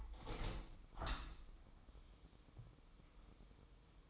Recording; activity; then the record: daily activity, microphone in the room; open window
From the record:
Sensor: 1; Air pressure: 1006.4 hPa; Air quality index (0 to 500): 206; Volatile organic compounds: 22 ppm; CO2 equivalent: 2758 ppm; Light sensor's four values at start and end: 11/30/11/13 and 12/32/12/14